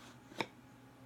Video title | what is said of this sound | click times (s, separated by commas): Brady Tarot Unboxing! | put the lid back can hear this snap and then | 0.4 s